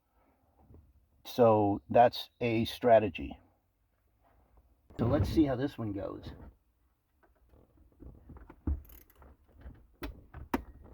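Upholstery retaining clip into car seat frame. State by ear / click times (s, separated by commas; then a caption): seated / 10.5 s. Someone talks, then pushes a retaining clip for new leather upholstery home onto the seat frame of a Mercedes W220 (S430/S500). A few faint ticks and handling noises lead up to a sharp click at 10.5 s as the clip seats.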